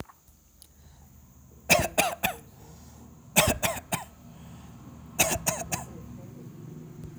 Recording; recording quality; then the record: shallow voluntary cough; excellent, no background noise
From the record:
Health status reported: healthy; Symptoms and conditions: none ticked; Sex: male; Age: 55 years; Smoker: not ticked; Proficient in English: yes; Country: India